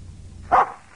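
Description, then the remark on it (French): A dog gives one short, sharp bark, mid-pitched and fairly loud, over a quiet low background hum, with no voices. “Et un chien.”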